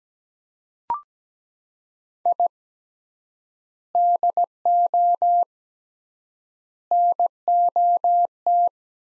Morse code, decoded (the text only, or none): I DO NOT